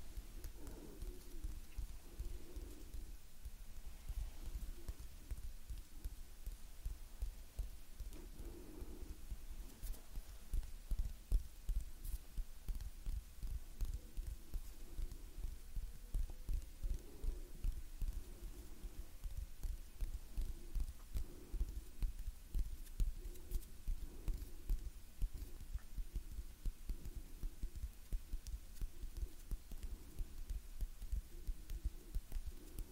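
Gentle hand movements and soft breathing: a dense stream of quiet, rapid taps and brushes runs throughout, with a low, throbbing undertone. Soft swells in the low-middle range come and go every few seconds, and the level stays even for the whole stretch.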